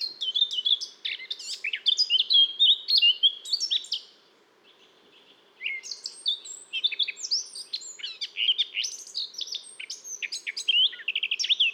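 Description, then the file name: Eurasian blackcap delivering dense, tumbling warbled phrases, a brief lull near the middle, then another long burst of chattering and whistled notes. "Sylvia atricapilla"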